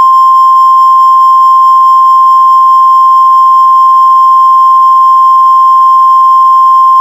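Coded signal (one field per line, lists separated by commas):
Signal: Emergency Alert System (SAME) tones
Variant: 1050 Hz attention tone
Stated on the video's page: Fictional EAS scenario with possibly valid tones.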